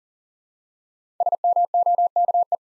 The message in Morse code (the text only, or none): SMOKE